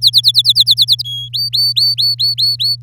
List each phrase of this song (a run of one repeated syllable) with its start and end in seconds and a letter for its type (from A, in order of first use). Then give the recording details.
0.01-1.02 A, 1.04-1.29 B, 1.33-2.76 C. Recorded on 8 May 2018 at 05:38. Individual llb16